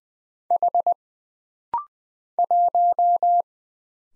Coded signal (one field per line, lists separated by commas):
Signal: Morse code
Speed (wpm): 20 wpm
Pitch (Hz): 700 Hz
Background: none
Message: H 1